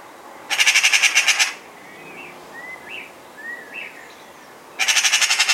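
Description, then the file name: Eurasian magpie rattling twice, a coarse fast series of grating pulses, with three short rising whistled notes in the pause between the bursts. "Pica pica"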